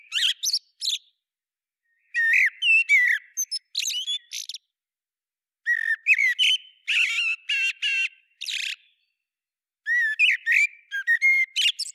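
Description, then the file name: Common blackbird giving repeated bursts of squawky chuckles mixed with fast high twitters, the groups of notes separated by brief gaps throughout. "Turdus merula"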